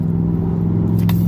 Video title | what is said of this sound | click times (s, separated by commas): 2004 Chevrolet Suburban 6.0l 4x4 u1000, No Comm ABS, Service 4x4 | I got it all clipped back in and sure that the locks in place | 1.1 s